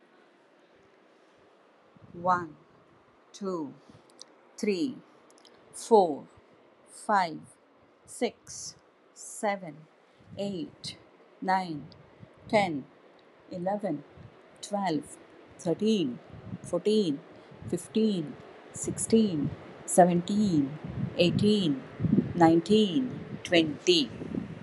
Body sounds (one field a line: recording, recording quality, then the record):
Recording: counting at a normal pace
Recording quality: excellent, no background noise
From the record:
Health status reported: healthy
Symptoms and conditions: none ticked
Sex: female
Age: 49 years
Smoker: not ticked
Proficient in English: yes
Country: India